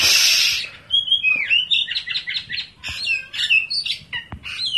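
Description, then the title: Oriental magpie-robin singing: a brief hiss at the start, then a string of clear whistled notes, slurred downward sweeps and quick chirps in varied short phrases. "Kacer"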